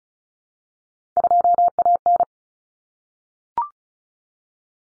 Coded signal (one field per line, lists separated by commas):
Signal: Morse code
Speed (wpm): 34 wpm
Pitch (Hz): 700 Hz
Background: none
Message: 2AN